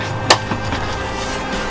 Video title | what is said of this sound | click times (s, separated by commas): How to winterize a twin engine boat! | then the heater just snaps into place it goes in | 0.3 s